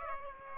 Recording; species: mosquito wingbeat signal from an infrared sensor; Aedes aegypti